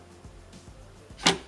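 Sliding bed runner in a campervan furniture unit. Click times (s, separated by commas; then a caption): 1.3 s. A sliding bed runner in a Nissan NV200 campervan furniture unit is pushed back until it stops, then lifted so it clicks into its retracted position. A few faint low knocks come before one sharp, bright click at 1.3 s. The slide seats back in place.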